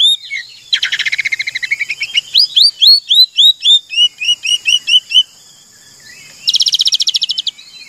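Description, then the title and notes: Oriental magpie-robin song: a buzzy rapid trill, then a run of clear upslurred whistles repeated several times a second, ending with another dry buzzing trill. Kacer song used as isian (filler song for training birds), long-duration recording meant to make birds sing vigorously day and night. "Kacer Jadi Gacor Siang Malam. Isian Kacer Durasi Panjang"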